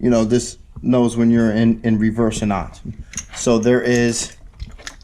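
On a Mk4 Jetta, a plastic wiring plug is handled near the transmission reverse/position sensor while someone talks, with a few short ticks of handling near 4.6, 4.9 and 5.0 seconds. Nothing has seated or clicked yet; the clip ends before the plug goes home.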